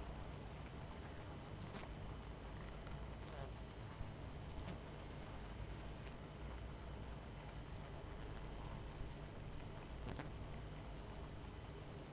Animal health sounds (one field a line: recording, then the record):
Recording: honeybee colony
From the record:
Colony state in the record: missing queen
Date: 14 July 2017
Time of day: 23:52